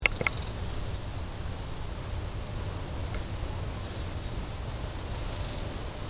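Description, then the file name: Eurasian wren calls: a louder, buzzy high burst at the start and another near five seconds, with two brief thin high notes between, over low background rumble. "Troglodytes troglodytes"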